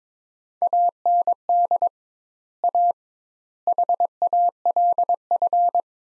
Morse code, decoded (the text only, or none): AND A HALF